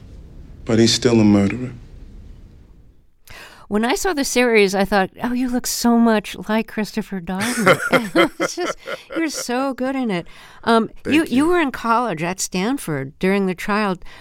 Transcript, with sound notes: But he's still a murderer.
When I saw the series, I thought, oh, you look so much like Christopher Darden.
(Laughter).
And it was just - you're so good in it.
Thank you.
You were in college at Stanford during the trial.